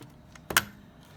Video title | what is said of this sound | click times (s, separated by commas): $500 GAMING PC I INTEL I7 4770 I GTX 1650 4 GB OC | them hear the clicks same | 0.5 s, 0.6 s